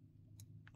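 During reassembly of a Samsung A52 5G / A52S, the phone's battery flex connector is pressed onto its mainboard socket, giving short, sharp clicks at 0.4 s and 0.7 s over a steady low hum. The connector snaps into place and the battery is connected.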